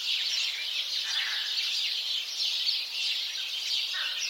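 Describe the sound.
House sparrows chattering as a group, a thick stream of high chirps with a couple of lower notes.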